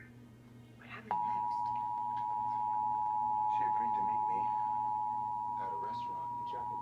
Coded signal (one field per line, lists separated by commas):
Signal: Emergency Alert System (SAME) tones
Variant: 853 and 960 Hz attention tone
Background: speech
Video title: 2018 National Periodic Test: WFAA (EAS #295)